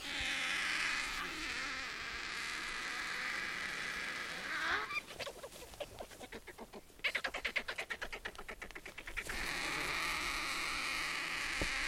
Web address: sound Indian-vulture. صدای-پرنده-دال-هندی